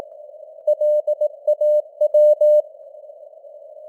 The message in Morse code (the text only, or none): LAW